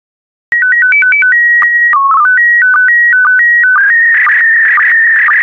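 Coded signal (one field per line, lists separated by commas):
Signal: SSTV (slow-scan television)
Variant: PD120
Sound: rapid stepping beeps between high pitches, then a warbling scan tone begins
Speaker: the next image transmission will start in 10 seconds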